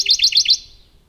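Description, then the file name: Radde's warbler giving a brief series of four clear high notes in quick, regular succession, then fading to silence. "warbler-radde -Phylloscopus-schwarzi"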